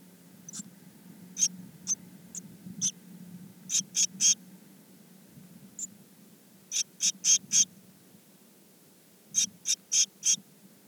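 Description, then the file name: Eurasian blue tit calls, short high thin notes given singly or in quick bursts of two to four, irregularly spaced, with a faint low hum underneath. "Cyanistes caeruleus"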